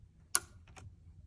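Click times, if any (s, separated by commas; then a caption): 0.3 s. A modular sewing cable plug is removed and pushed back into the sewing machine's port at the machine end. A single loud, sharp tick at 0.4 s (0.35 s) shows it clicking into place, followed by a couple of softer, fainter rustling taps. The plug is seated.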